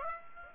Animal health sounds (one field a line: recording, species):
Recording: mosquito wingbeat signal from an infrared sensor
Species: Aedes aegypti